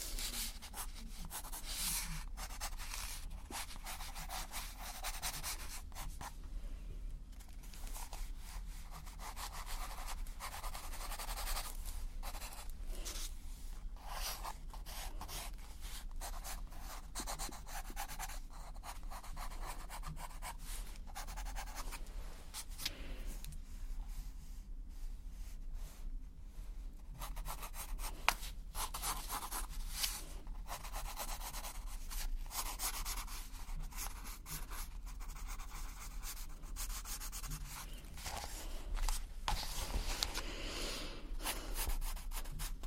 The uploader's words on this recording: ASMR Artist Sketches You - Personal Attention, Pencil sounds.